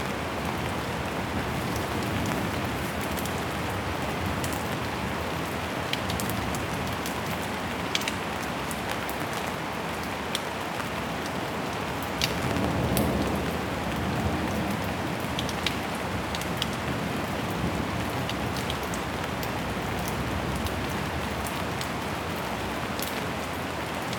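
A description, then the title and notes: Heavy rain pours in a dense, steady hiss that barely changes across the whole stretch. Sharp drip and splash clicks pop out irregularly on top, a few every second, and a low rumble swells briefly around the middle before settling back. Heavy storm ambience.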